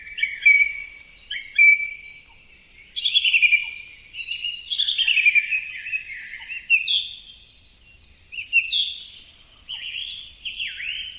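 Bird song: two clear whistled notes, then a long run of varied, fast twittering and chattering phrases at high pitch.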